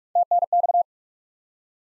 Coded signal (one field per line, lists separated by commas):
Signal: Morse code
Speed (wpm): 46 wpm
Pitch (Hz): 700 Hz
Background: none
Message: TNX